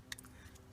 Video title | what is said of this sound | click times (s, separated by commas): How to install paddle shifter | should click back into place and it just did now so now I think it's all back together here now it's | 0.1 s